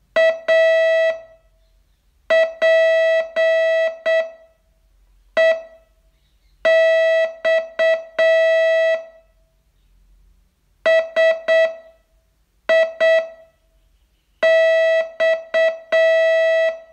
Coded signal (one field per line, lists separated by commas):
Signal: Morse code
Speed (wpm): 7 wpm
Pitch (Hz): 650 Hz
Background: none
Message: APEX SIX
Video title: Learn Morse in 42 Days from VU2LAU - day 30 test